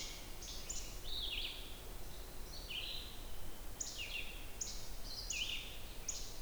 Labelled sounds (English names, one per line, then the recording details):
Red-eyed Vireo song
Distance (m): 40 m
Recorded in boreal forest in Alberta, Canada, on 29 June 2016 at 05:52
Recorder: SongMeter 3, array SBT-6-79
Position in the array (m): 120 m, 190 m